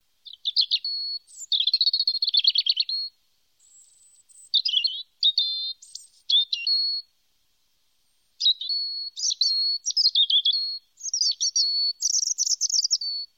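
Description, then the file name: European robin song, high thin warbling phrases with sweet trills and rapid flourishes, each phrase followed by a brief pause, in a quiet background. "rotkehlchen"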